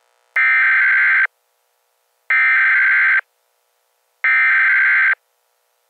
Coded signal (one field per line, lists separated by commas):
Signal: Emergency Alert System (SAME) tones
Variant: header bursts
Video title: Emergency Alert System - A day called X